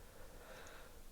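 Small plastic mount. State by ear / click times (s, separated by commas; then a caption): not seated / none. A normal quick-release mount with locking rubber, from a GoPro Hero 12 Black Creators Edition, is handled on its base, giving only a faint, steady, breathy rustle with no sharp transient. Nothing has seated or clicked yet in this 1.2-second clip.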